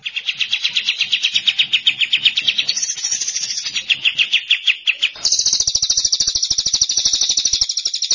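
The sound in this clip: Bird song of fast, high trilled notes repeated rapidly, switching partway through to an even higher, buzzier trill.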